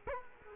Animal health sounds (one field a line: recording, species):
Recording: mosquito wingbeat signal from an infrared sensor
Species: Culex quinquefasciatus